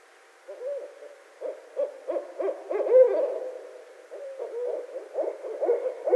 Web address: Barred Owl 2012 02 12 Barred Owl